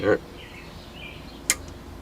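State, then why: Seated. The OEM fold-down sight on the rail of an ATI Alpha15 rifle is flipped again and clicks sharply into its detent at 1.5 s, seating in position. Someone talks briefly at the start, with low background noise throughout.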